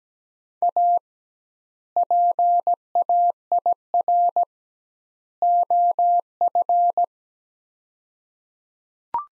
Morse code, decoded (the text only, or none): A PAIR OF